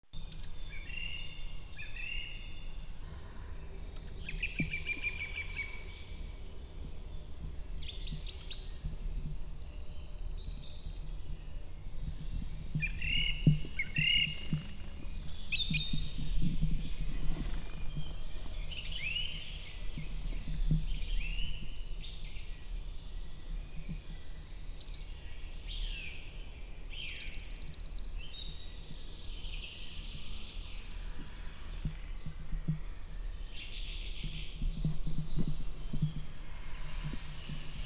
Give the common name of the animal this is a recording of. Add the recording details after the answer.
Eurasian Blue Tit. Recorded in the wild. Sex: male. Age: adult. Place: Vipperow, Müritz, Mecklenburg-Vorpommern, DE. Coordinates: 53.3461, 12.6836. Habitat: alder marsh. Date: 1998-04-07 17:50. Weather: cloudy, 12°C. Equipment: Sony TCD-D3, Telinga Pro 5. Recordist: Frommolt, Karl-Heinz. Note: Erlenbruchwald ca. 1 km nördlich von Vipperow: Gesang. Sehr gute Aufnahmequalität